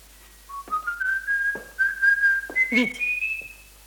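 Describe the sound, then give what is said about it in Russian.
A person whistles a rising, wavering tune in a room, the pitch climbing gradually across several connected phrases with brief breaks, moderately loud with no talking. “Ну, сколько раз говорить, в комнате не свистеть.”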